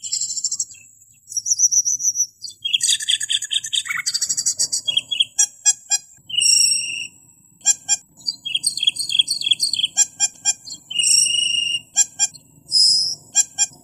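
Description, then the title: Asian glossy starling singing a fast, high medley of tinny clicks, piercing whistles and rasping notes, broken by short silences. "Suara Burung Cucak keling"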